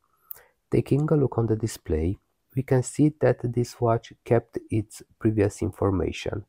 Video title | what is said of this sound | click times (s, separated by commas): AE1200 royal beater Casio | we need to press this plate until we hear that click | 0.3 s